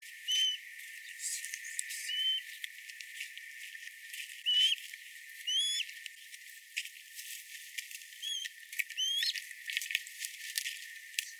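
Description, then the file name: Steppe eagle chick calls: thin, short whistled notes, some sharply rising, given singly at irregular intervals over a faint steady hiss. "Albert Lastukhin - Steppe Eagle Aquila nipalensis krik ptencov"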